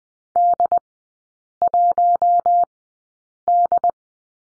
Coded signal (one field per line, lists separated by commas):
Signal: Morse code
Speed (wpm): 20 wpm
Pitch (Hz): 700 Hz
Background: none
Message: D1D